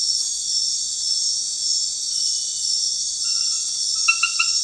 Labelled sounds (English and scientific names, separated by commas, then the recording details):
none
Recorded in dense forest near Puerto Asís, Putumayo, Colombia, on 20 February 2024 at 02:00
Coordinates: 0.496, -76.326
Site G6383